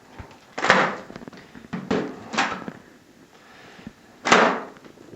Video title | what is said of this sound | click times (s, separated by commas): Conventional, Modular and Snocross Snowmobile Helmet Features and Benefits | best in the biz you just put the shield all the way up and it pops right in | 0.7 s